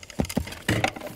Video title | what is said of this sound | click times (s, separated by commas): How To Replace Fuel Pump 2006-2012 Ford Fusion | press it in listen for a click | 0.7 s